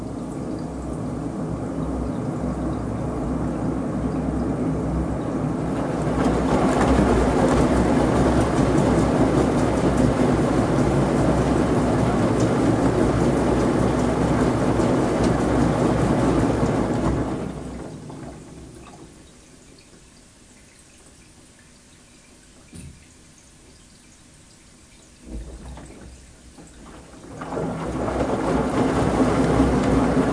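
A washing machine turns laundry with a steady, rumbling and gurgling churn, growing louder around six seconds. Near seventeen seconds the drum stops and it goes mostly quiet apart from a few small knocks and drips, then the rumbling churn starts again near twenty-seven seconds.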